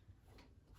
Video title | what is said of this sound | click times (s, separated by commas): 👻Rotten Ringmaster- Unboxing/Setup!🎃 | clicks right here | 0.4 s